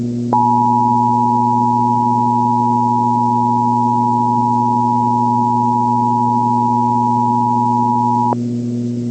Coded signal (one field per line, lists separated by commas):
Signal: Emergency Alert System (SAME) tones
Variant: 853 and 960 Hz attention tone